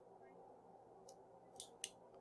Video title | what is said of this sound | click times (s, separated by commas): ANGIO-SEAL® VIP – Introduction by Dr. Simon - Terumo Interventional Systems | We will then pull back until we hear another click. | 1.8 s